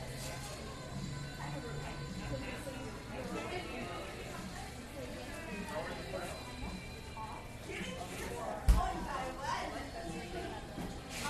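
Coffee shop chatter runs steadily throughout, several voices overlapping into a dense, even murmur with a low hum underneath. Brief clinks and clatters are scattered through, with one sharper knock of dishes near the eight-second mark.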